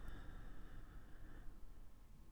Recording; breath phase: one breath near a microphone; exhalation